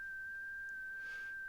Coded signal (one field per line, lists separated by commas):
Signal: FT8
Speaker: it'll keep transmitting the report until he hears me and confirms that he's heard my signal